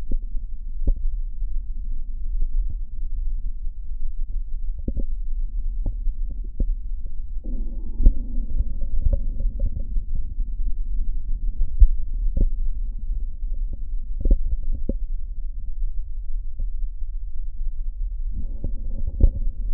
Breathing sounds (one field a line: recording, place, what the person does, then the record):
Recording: lung sounds by stethoscope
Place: left posterior basal chest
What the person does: quiet breathing, then deep breathing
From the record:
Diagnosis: COPD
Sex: male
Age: 59 years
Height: 171 cm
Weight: 91.4 kg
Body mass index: 31.3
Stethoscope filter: diaphragm mode